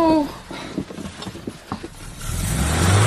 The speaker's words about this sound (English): Someone's trying to start our car. It's coming from the garage.